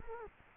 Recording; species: mosquito wingbeat signal from an infrared sensor; Culex quinquefasciatus